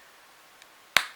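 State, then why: Seated. A plastic cap is pressed fairly hard onto a refillable Bliss Kiss oil pen, and after a faint tick at about 0.6 s it snaps on with one sharp, loud click at 1.0 s. The cap is seated.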